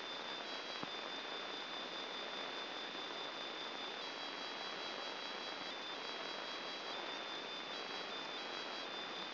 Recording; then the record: brain microelectrode recording played as sound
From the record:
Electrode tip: inside the subthalamic nucleus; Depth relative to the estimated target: 3 mm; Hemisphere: left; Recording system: AlphaMap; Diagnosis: Parkinson's disease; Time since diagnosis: 11 years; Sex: male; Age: 50 years